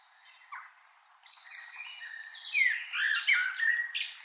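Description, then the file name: Common blackbird calls: faint at first, then building into strong whistled slides and sharp chattering notes. "Turdus merula"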